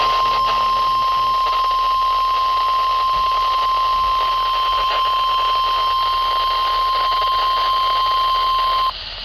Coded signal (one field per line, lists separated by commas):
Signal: Emergency Alert System (SAME) tones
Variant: 1050 Hz attention tone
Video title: APRIL FOOLS CHASE! EAS Alerts from 4/1/2023 (EAS #1,140-1,147)